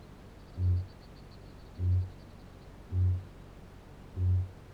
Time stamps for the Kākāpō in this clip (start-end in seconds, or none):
0.54-4.60